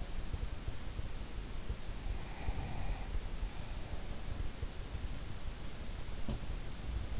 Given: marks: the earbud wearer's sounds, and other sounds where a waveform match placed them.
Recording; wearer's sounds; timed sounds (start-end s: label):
sounds in sleep by an in-ear microphone; breath
2.25-3.68 s: breath